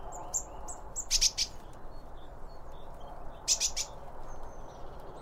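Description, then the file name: Bird chirps: two bright bursts of rapid high notes about two seconds apart, with faint thin calls between and low background rumble. Several birds around a bird feeder, recorded with two Line Audio OM1 microphones. "Birds Around Birdfeeding With Two Om 1 From Line Audio"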